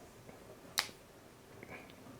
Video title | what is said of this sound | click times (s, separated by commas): Which LEATHERMAN would YOU choose? Charge or Wave or Surge, why not Wingman? | so it clicks | 0.8 s